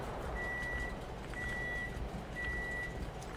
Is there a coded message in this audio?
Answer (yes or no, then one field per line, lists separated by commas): no